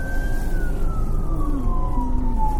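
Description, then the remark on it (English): A county sheriff's car siren sweeps by, its steady tone sliding gradually lower in pitch as it passes over a constant low engine rumble, with no voices. “It's a strange looking police car.”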